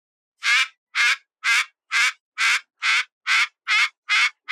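Umbrella cockatoo squawks, a run of rasping screeches repeated about twice per second at an even pace, with no other sounds.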